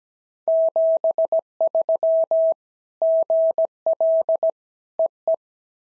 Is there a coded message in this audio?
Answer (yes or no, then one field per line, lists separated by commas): yes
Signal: Morse code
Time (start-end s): 0.5-5.3 s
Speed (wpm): 17 wpm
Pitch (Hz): 650 Hz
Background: none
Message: 73 GL EE